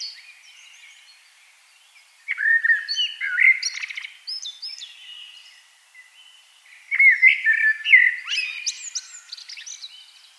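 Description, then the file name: Common blackbird singing two mellow, warbled phrases separated by a short pause, low whistles giving way to high, scratchy twitters. "Turdus merula"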